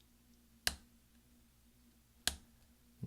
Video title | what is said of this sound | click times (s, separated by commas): E key replacement on the 13" Macbook Pro Early 2009 Core 2 Duo 2.53 Ghz | until both sides snap in and now | 0.7 s, 2.3 s